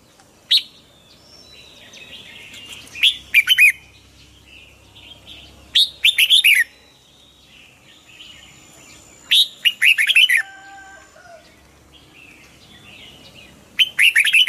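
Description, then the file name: Red-whiskered bulbul repeating bright, jerky chirped phrases every few seconds, with faint thin twitters and whistles in the gaps. Hue strain red-whiskered bulbul singing in the 'giọng kép' (double voice) song style. "Tieng chao mao hue hot giong kep"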